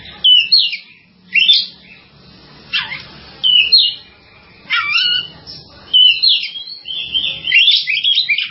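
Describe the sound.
Bird song: loud high whistled phrases with steep down-sweeps, repeated at roughly one-second intervals, then a longer warbling run.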